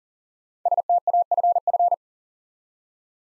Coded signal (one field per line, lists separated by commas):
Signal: Morse code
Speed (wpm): 40 wpm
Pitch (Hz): 700 Hz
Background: none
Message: STAFF